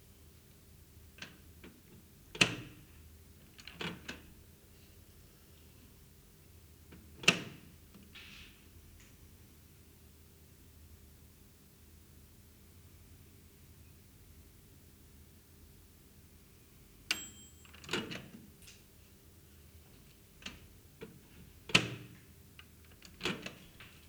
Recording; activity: daily activity, guitar pickup as the sensor; use microwave